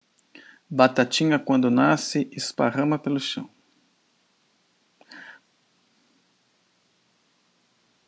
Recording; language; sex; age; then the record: short text; Brazilian Portuguese; male; 50 to 59 years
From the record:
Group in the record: control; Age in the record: 59 years